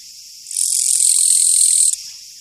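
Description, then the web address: Japanese katydid giving a single harsh, high buzz lasting about one and a half seconds, steady and dry, starting and stopping abruptly. "sikioto insect kirigirisu"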